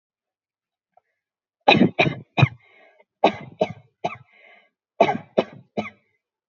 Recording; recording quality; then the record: shallow voluntary cough; excellent, no background noise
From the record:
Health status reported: healthy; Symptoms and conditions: none ticked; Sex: female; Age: 20 years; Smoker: not ticked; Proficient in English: yes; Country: India